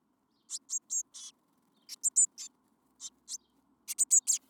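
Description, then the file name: Eurasian blue tit giving repeated bursts of high, sharp call notes in small groups, spaced about a second apart. "Cyanistes caeruleus"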